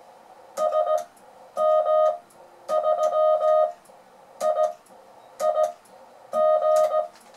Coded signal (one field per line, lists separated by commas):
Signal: Morse code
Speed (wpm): 17 wpm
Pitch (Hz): 620 Hz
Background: music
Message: SM3IIG